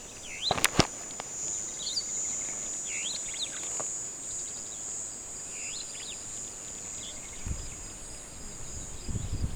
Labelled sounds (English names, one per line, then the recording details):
Superb Starling flight call
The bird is a male
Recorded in Kenya on 17 May 2010
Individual 14, of group CF2